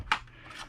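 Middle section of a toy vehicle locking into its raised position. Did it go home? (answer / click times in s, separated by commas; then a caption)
yes / 0.1 s. Someone raises a childhood toy vehicle so it stands up, clicking its middle section together to lift it high. A sharp plastic click sounds at 0.1 s, followed by a faint rustle. The middle section locks into its raised position.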